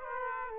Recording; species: mosquito wingbeat signal from an infrared sensor; Aedes aegypti